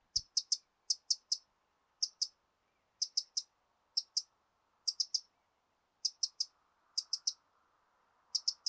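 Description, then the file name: Eurasian wren repeating sharp, high ticking calls in clusters of two or three, evenly spaced about once a second. "Troglodytes troglodytes"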